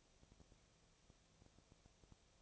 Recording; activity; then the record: daily activity, microphone in the room; no activity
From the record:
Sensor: 1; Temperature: 19.6 degrees Celsius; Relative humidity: 36.4%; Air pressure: 997.0 hPa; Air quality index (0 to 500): 204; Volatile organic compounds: 129 ppm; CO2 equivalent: 3923 ppm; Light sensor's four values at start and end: 1/2/1/1 and 1/2/1/1